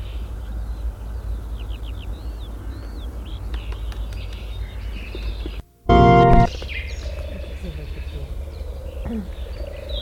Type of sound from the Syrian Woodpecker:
drumming